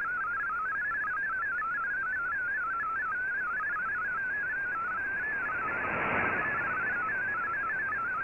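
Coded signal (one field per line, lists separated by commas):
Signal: multi-tone FSK (Olivia or MFSK type)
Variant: MFSK16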